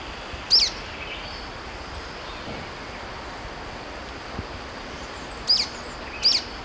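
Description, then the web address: Golden-crowned flycatcher calls, three short high squeaky notes, one early and a close pair near the end, over steady hissing background noise. Recorded in Ecuador, South America. "Birds of Ecuador. Golden-crowned Flycatcher"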